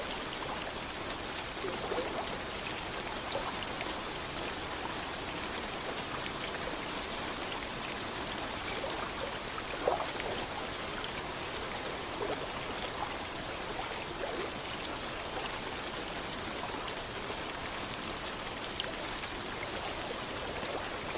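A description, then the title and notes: Gentle rain falls steadily over lake water, a dense, even hiss that fills the mids and highs without letup. Scattered drops tick and patter through it, with a slightly sharper splash near the ten-second mark and very little low rumble underneath. Gentle Rain & Lake Water Sounds - White Noise.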